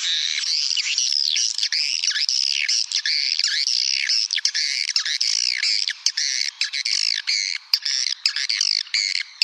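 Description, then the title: Swiftlets calling in a dense chorus, curving buzzy chirps overlapping throughout, with sharp clicks scattered through it, more of them toward the end. "Suara Burung Wallet"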